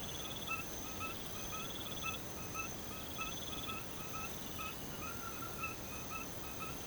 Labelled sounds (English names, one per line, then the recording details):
none
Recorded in pastures near Puerto Asís, Putumayo, Colombia, on 21 March 2025 at 01:30
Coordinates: 0.486, -76.323
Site G075